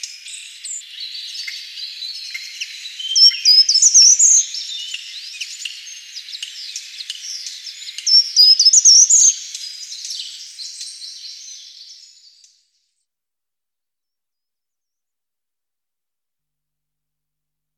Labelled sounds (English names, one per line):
Short-toed Treecreeper song